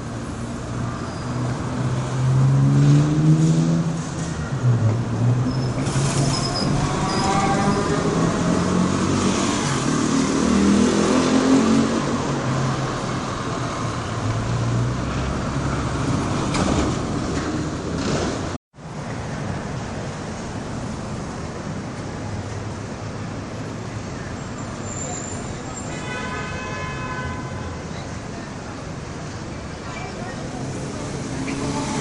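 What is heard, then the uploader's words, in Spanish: City ambience with a steady, dense roar of traffic. Voices talk over it during the first half, the sound cuts out for an instant just past the midpoint, and a brief high, wavering call rises around 25 seconds. El sonido del ambiente de una ciudad. City atmosphere.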